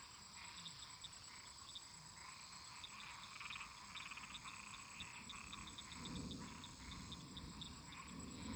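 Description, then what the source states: Frogs and toads: frog and toad chorus, a dense layered trilling with faint high repeated clicks, a steady high whine above, and a low rumble swelling near the sixth second. Many toads and frogs calling in a marsh, with thunder.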